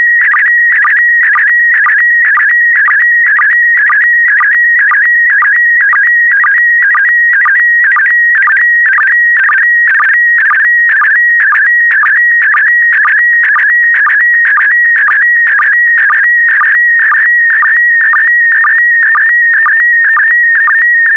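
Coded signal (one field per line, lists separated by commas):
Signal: SSTV (slow-scan television)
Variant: PD120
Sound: warbling, steadily chirping tone around 2 kHz with rhythmic low blips twice a second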